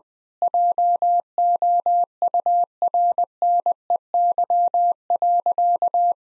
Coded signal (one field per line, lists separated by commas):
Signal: Morse code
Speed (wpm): 20 wpm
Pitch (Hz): 700 Hz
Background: none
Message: JOURNEY.